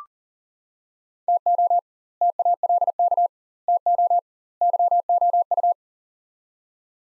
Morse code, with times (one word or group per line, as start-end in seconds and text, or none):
1.3-1.8 TO
2.2-3.3 TALK
3.7-4.2 TO
4.6-5.7 YOU